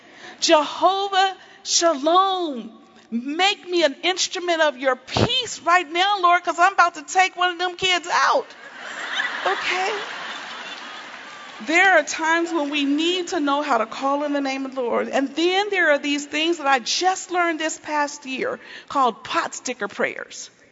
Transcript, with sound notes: “Jehovah Shalom, make me an instrument of Your peace right now, Lord, because I'm about to take one of those kids out.” (laughter) There are times we need to know how to call on the name of the Lord. And then there are these things I just learned this past year called pot sticker prayers.